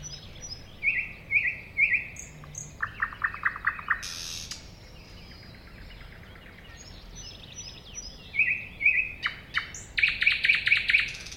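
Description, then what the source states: Thrush nightingale song with repeated fluty whistles, dry clicking runs and a harsh burst, a quieter pause, then more whistles and a rapid clicking flourish. Recorded at a woodland edge next to a lake.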